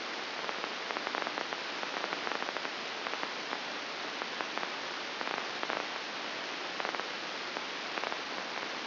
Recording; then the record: brain microelectrode recording played as sound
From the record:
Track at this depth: outside the subthalamic nucleus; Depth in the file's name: 7.66 mm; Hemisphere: left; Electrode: 2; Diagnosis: Parkinson's disease